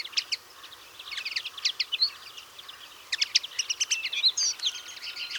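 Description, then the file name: European greenfinch twittering, bursts of sharp chirps and brief trills separated by a pause, with a couple of whistled notes and a thin tone near the end. "Chloris chloris"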